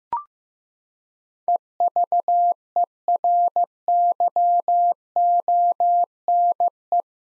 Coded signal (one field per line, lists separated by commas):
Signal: Morse code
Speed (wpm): 15 wpm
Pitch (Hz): 700 Hz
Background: none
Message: EVERYONE